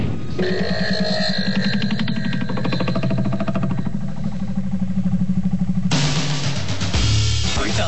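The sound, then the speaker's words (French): Racing cars' engines roar and whine steadily in the paddock at the Grand Prix in Barcelona, Spain, with a rising harmonic tone sweeping through the first half, then a harsher, rougher motor noise taking over after a sudden change near six seconds. “On est dans le paddock, ouais. C'est génial. Ouais, enfin bon. Ça reste que des voitures qui roulent, hein.”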